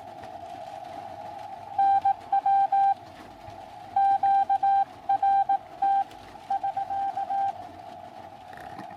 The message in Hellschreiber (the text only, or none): none